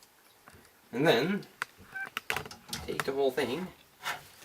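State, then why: Not seated. A hard drive tray with rubber grommets against vibration is handled and slid toward the tool-less drive bay of a Cooler Master HAF X XL-ATX case while someone talks. Short, sharp handling taps are heard around 2.2–2.3 s. Nothing has seated or clicked yet.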